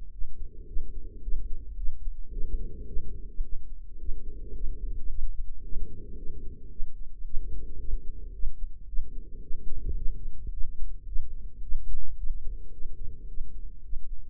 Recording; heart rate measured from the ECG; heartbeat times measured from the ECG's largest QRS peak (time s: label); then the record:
heart sounds by microphone in the right ear; 109 bpm
0.14 s: heartbeat
0.69 s: heartbeat
1.24 s: heartbeat
1.78 s: heartbeat
2.33 s: heartbeat
2.89 s: heartbeat
3.45 s: heartbeat
4.01 s: heartbeat
4.56 s: heartbeat
5.11 s: heartbeat
5.65 s: heartbeat
6.19 s: heartbeat
6.72 s: heartbeat
7.27 s: heartbeat
7.81 s: heartbeat
8.35 s: heartbeat
8.89 s: heartbeat
9.43 s: heartbeat
9.98 s: heartbeat
10.53 s: heartbeat
11.08 s: heartbeat
11.63 s: heartbeat
12.18 s: heartbeat
12.74 s: heartbeat
13.29 s: heartbeat
13.85 s: heartbeat
From the record:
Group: healthy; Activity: rest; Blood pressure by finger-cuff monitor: 142/80 mmHg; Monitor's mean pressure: 97 mmHg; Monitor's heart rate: 109 bpm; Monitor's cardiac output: 7.5 L/min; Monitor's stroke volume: 69 mL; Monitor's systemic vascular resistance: 940 dyn s/cm5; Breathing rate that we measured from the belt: 17 breaths a minute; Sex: female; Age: 43 years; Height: 160 cm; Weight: 90 kg